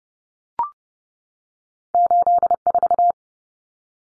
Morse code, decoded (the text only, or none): 84